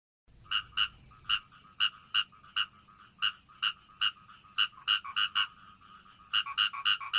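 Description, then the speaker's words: Rice frog calling, a series of short, sharp croaking notes repeated unevenly, speeding into rapid clusters toward the end. Rice frog; the male calls 'gu gu gu', meaning 'I love you', and 'guo guo guo guo' or 'guo ji guo ji' when a rival is near. "那我们接下来就来听听看泽蛙的叫声吧。"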